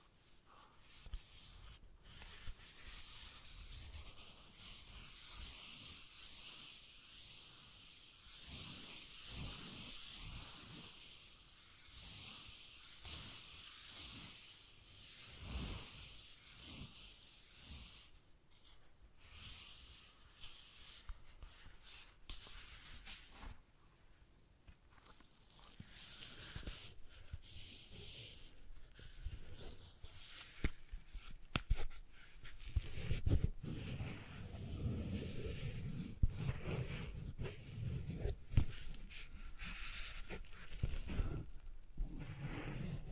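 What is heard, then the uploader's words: Sensitive tracing sounds: soft, dry brushing and scratching strokes across a surface, arriving in quick irregular bursts. The first half is hissier and brighter; after about 25 seconds the strokes turn deeper and thumpier, with a low rumble underneath. ASMR Sensitive Tracing (No Talking).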